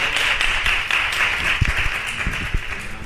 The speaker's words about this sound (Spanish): Pues muy bien, un aplauso para Vero.